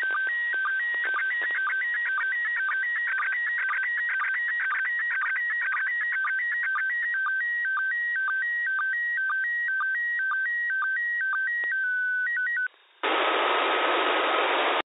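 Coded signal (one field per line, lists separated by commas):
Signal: SSTV (slow-scan television)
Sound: warbling tone hopping regularly between two pitches for 13 seconds, then loud hiss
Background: radio static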